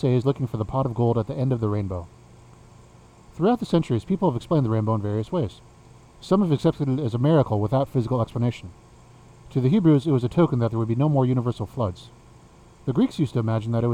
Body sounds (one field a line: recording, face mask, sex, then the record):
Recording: reading aloud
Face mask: surgical mask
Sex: male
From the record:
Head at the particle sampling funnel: facing it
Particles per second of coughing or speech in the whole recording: 0.235